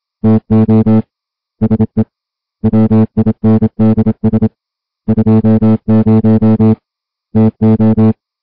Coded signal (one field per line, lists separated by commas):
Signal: Morse code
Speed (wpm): 27 wpm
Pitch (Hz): 220 Hz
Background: music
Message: TO SE WINDS 20 TO